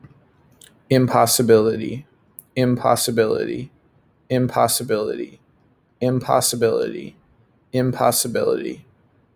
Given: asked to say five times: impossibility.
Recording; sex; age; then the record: repeated word; male; 20 to 29 years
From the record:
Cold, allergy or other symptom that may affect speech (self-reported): no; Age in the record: 24 years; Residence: Minnesota, United States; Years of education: 17